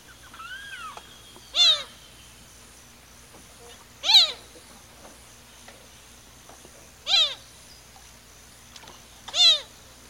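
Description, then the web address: Azure gallinule giving loud nasal down-slurred calls, four in ten seconds at uneven gaps, preceded by a fainter rising-falling note. South America, eastern lowlands. "Natures Songs S America Eastern Lowlands. Azure Gallinule"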